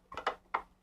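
A metal stitch plate for a Bernina 335 sewing machine is set onto the machine bed, left side first, then pressed down on the right side. A few light taps and knocks are heard at about 0.1–0.3 seconds, then a sharp snap at 0.6 seconds as the plate seats in place.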